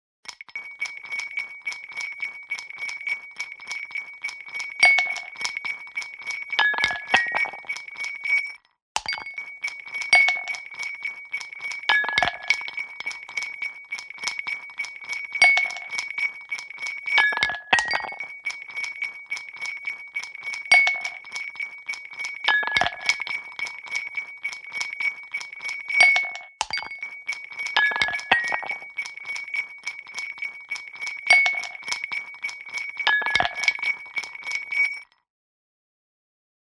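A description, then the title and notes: Small wooden objects roll and rattle inside a glass, making a continuous stream of bright clinks with a steady ringing tone. Every few seconds a harder knock or drop cuts through, often as a quick cluster of hits. A brief pause breaks the sound near nine seconds. Wooden stuff in glass. Separately moving around an oval chestnut, a tree burl, and a wooden dice within three different glasses. Be it rolling shakes or drops, most sounds consist of more than one hit.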